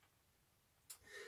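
The magazine release on a Tokyo Marui spring-cocking airsoft UZI submachine gun is pressed, and a short, sharp click at 0.9 s frees the plastic magazine from the grip. A brief rustling, scraping sound follows as the magazine comes free, and the release works as it should.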